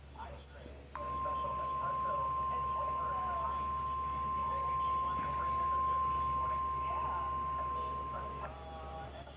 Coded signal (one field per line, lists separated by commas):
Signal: Emergency Alert System (SAME) tones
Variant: 1050 Hz attention tone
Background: speech